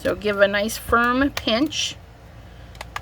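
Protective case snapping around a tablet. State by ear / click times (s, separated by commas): seated / 2.8 s, 3.0 s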